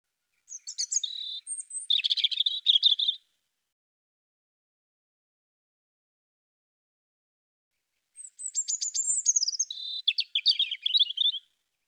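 European robin singing two rich phrases of high whistles, rapid trills and descending tinkling notes, with a long silent pause between them.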